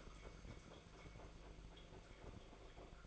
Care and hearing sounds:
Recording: daily activity, microphone in the room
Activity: make coffee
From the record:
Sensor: 5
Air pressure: 1009.5 hPa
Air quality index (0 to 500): 168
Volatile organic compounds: 4 ppm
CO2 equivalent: 1626 ppm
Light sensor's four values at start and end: 95/250/102/108 and 95/250/102/108

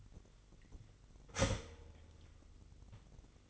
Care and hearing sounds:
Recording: daily activity, microphone in the room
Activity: start toaster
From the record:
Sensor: 4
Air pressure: 1002.7 hPa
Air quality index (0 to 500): 235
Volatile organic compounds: 16 ppm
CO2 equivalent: 2551 ppm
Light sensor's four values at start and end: 21/74/27/27 and 21/70/26/26

